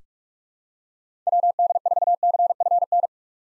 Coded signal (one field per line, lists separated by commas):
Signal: Morse code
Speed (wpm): 42 wpm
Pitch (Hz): 700 Hz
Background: none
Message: WD4CFN